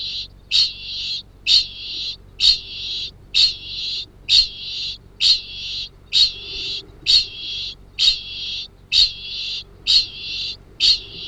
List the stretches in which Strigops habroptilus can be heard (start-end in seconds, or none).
0.00-11.28